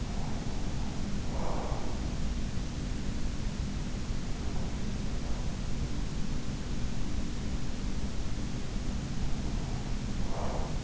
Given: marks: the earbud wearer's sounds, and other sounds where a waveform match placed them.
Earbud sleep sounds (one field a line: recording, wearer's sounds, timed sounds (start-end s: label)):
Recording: sounds in sleep by an in-ear microphone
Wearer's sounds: breath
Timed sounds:
0.00-2.15 s: breath
9.26-10.84 s: breath